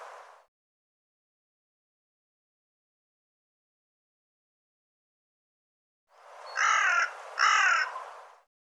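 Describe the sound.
Bird giving a brief cut-off sound at the start, then after a long silence a harsh, raspy double call of two hoarse notes near the end.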